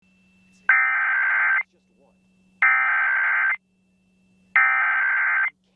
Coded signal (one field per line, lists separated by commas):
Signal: Emergency Alert System (SAME) tones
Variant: header bursts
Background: speech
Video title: Nintendo switch 3 EAS logo